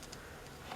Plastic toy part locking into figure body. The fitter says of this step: just pull it up until it locks and